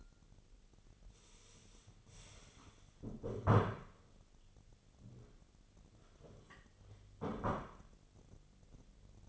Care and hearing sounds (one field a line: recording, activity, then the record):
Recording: daily activity, microphone in the room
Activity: stand up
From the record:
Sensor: 4